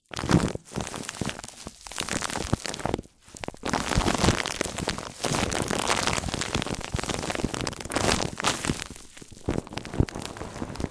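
Mic-on-mic triggers: rough rubbing and crinkling scratches across the whole clip, dense and bright, with short pauses near 0.6, 1.8 and 3.1 seconds. Sharp crunchy pops stand out at the start and around 10 seconds.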